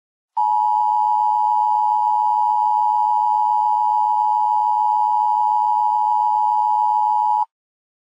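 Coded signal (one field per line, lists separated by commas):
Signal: Emergency Alert System (SAME) tones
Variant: 853 and 960 Hz attention tone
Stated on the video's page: Fictional EAS scenario, a simulated alert.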